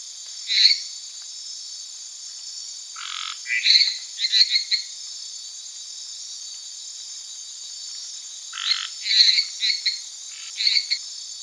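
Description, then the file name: Lesser treefrog giving short high notes in scattered clusters, with two lower buzzy notes, over a continuous shrill insect hum. "Hyla minuta"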